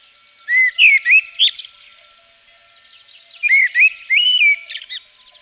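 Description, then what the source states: Common blackbird singing two fluty warbled phrases about three seconds apart, each ending in a thin, high squeaky twitter. Recorded in Provence.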